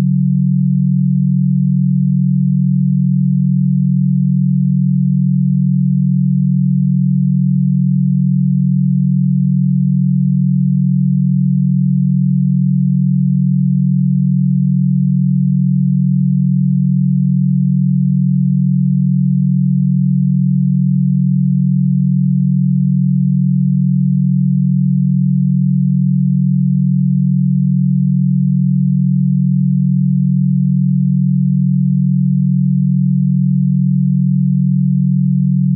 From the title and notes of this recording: Gamma Boost Binaural Beats 42.31 Hz.